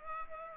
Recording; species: mosquito wingbeat signal from an infrared sensor; Culex pipiens